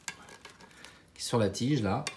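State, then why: Seated. A small plastic cape-rig piece is clipped onto the support rod of a Batman Sovereign Knight One:12 Collective action figure, seating with a sharp click at 0.1 s. Smaller handling sounds follow at about 0.5 s and 0.9 s, and then someone talks.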